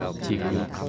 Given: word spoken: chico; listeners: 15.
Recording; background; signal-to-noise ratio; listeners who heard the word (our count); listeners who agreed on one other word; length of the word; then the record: one Spanish word in noise, from a listening test; eight-talker babble; -3.7 dB; 1 of 15; 7 of 15; 0.50 s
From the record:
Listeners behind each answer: 7, 1, 1, 1, 1, 1, 1, 1, 1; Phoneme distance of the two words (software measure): 10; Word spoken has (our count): 2 syllables, 4 phonemes, stress on syllable 1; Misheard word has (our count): 2 syllables, 4 phonemes, stress on syllable 1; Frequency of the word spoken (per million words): 36.91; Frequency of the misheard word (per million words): 39.88